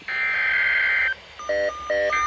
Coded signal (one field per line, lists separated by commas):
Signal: Emergency Alert System (SAME) tones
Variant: header bursts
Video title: EAS #3543-3544 Tornado Watch on KZZ81 and KXI58